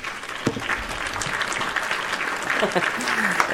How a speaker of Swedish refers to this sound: Vill du ha en applåd på det, eller?